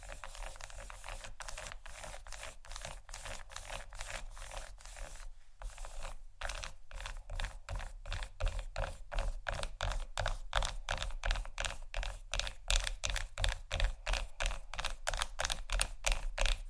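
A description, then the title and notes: Tapping and scratching on chocolate: a run of quick, crisp clicks and scrapes with a bright, papery edge. The first six seconds are softer and denser, broken by two brief pauses; after that the taps grow louder and more evenly spaced, about two or three per second. ASMR Tap & Scratch On Chocolate （No Talking）.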